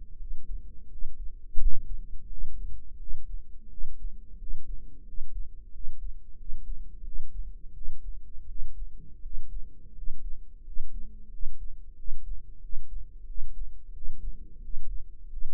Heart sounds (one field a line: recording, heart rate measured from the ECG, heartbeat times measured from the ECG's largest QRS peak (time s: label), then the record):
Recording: heart sounds by microphone in the right ear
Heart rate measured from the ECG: 87 bpm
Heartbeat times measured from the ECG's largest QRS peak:
0.17 s: heartbeat
0.88 s: heartbeat
1.58 s: heartbeat
2.28 s: heartbeat
2.97 s: heartbeat
3.68 s: heartbeat
4.37 s: heartbeat
5.04 s: heartbeat
5.71 s: heartbeat
6.36 s: heartbeat
7.02 s: heartbeat
7.72 s: heartbeat
8.46 s: heartbeat
9.20 s: heartbeat
9.93 s: heartbeat
10.62 s: heartbeat
11.29 s: heartbeat
11.95 s: heartbeat
12.59 s: heartbeat
13.25 s: heartbeat
13.92 s: heartbeat
14.60 s: heartbeat
15.28 s: heartbeat
From the record:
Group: healthy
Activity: rest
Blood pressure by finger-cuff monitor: 92/53 mmHg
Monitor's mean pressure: 63 mmHg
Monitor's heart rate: 86 bpm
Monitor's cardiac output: 7.9 L/min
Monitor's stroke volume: 92 mL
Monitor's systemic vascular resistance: 560 dyn s/cm5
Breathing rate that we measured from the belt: 13 breaths a minute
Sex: male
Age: 23 years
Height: 179 cm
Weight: 87 kg